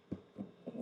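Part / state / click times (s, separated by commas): clear plastic lid onto the cold air intake box / not seated / none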